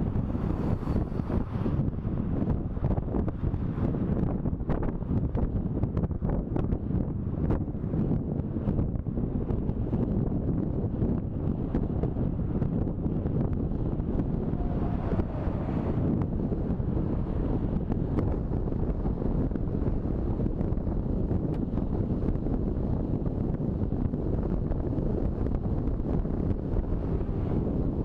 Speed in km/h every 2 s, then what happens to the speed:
37, 36, 34, 34, 33, 32, 32, 32, 34, 35, 37, 39, 40, 42.
0-13 steady at about 34. 13-28 speeds up to 42.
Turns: none.